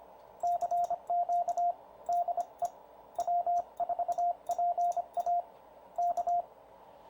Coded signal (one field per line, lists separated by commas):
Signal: Morse code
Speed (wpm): 26 wpm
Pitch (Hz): 700 Hz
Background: radio noise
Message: CQ DE W4PA K